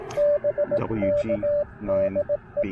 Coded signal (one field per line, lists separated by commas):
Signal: Morse code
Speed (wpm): 19 wpm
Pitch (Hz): 590 Hz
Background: speech, radio noise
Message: BK DE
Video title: Pairing the Icom IC-705 & Elecraft AX1: POTA Portable on the Pamlico Sound!